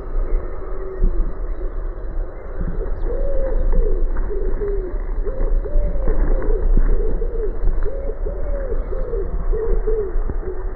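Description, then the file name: Wood pigeon cooing, soft hooting phrases repeated in a rhythmic series throughout over a steady low rumble of background noise. "Pigeon ramier"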